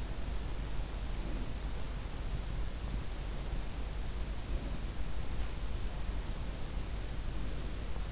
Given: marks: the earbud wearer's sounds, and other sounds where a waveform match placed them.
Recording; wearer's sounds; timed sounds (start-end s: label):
sounds in sleep by an in-ear microphone; breath
1.08-1.67 s: breath